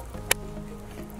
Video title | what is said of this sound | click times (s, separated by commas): Ryobi 40V Lithium Brushless 14" inch Cordless Chainsaw Review Model RY40511 | clicks right in there | 0.3 s